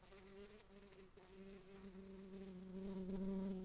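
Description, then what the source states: Bumblebee buzz, a steady low droning hum with even overtones, holding fairly level and growing slightly louder toward the end. Worker bumblebees of the species Bombus humilis.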